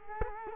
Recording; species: mosquito wingbeat signal from an infrared sensor; Culex quinquefasciatus